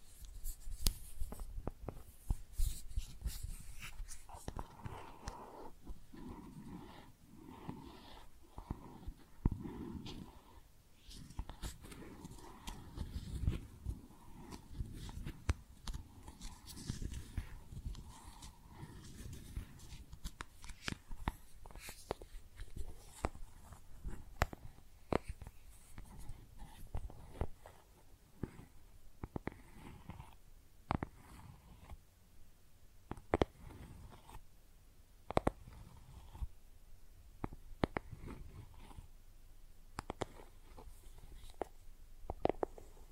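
Makeup tapping and scratching, with dense clicks and rough scrapes early giving way to sparser, sharp taps and scratches after twenty seconds.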